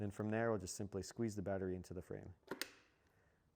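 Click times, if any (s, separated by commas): 2.6 s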